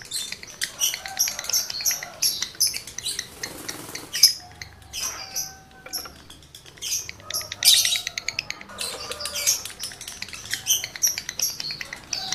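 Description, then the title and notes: Lovebird song made of busy high twitters and sharp clicks, with occasional piercing squeals and short quieter gaps. Male lovebird in breeding condition; its call is used to stimulate other lovebirds to sing. "Birahi Lovebird Jantan ke Gacor. Pancingan Suara Lovebird jantan birahi"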